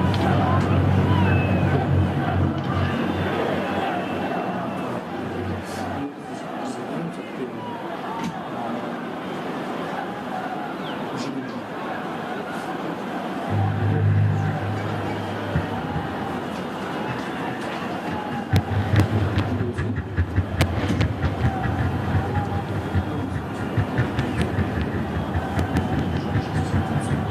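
Recorded at ongoing protests in Belarus, a dense crowd murmur fills the whole clip, voices overlapping without pause. A low rumble swells around 13–15 seconds and again from about 18 seconds on, with sharper bursts and knocks scattered through.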